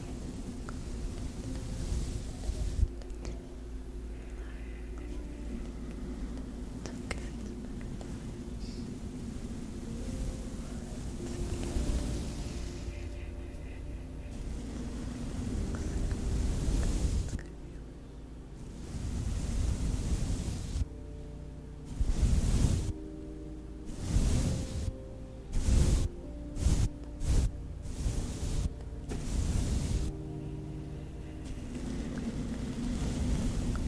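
Soft unintelligible whispering and plucking sounds run over a steady low hum through the first half. After about seventeen seconds the sound turns choppy, with short bursts of whispers and crisp plucks separated by brief pauses, most frequent between twenty and thirty seconds.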